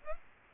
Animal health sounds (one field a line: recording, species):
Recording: mosquito wingbeat signal from an infrared sensor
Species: Aedes aegypti